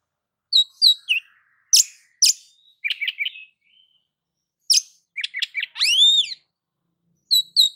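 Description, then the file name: Oriental magpie-robin song with scattered sharp notes, short whistles and a loud arched warble near the end, separated by brief silences. "Suara Kacer"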